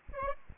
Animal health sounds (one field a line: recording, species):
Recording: mosquito wingbeat signal from an infrared sensor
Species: Aedes aegypti